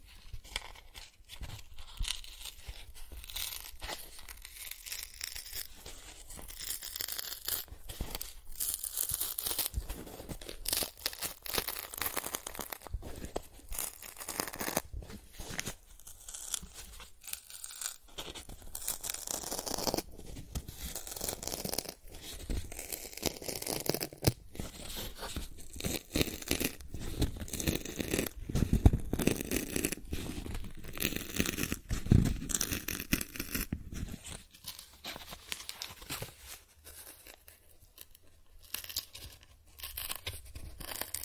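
Cardboard is scratched, traced and torn in a dense, irregular run of rasping strokes and crinkly rips that barely pause. Bursts come in quick clusters, heaviest around the middle and again near 30 seconds, with brief quieter gaps near 17 and 36 seconds.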